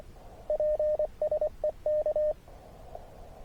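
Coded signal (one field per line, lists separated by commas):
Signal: Morse code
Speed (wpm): 24 wpm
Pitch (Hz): 590 Hz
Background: none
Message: PSE K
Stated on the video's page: Morse from a SOTA summit activation of a 2543 m Austrian peak, only its second activation, during a hike-and-fly paragliding trip.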